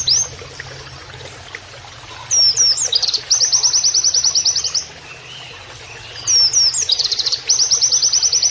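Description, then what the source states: White-eye song: two bursts, each a few slurred high notes leading into a fast, even trill, separated by a quiet pause. Training (masteran) audio with canary-like song phrases, in the style called 'nembak kenarian'.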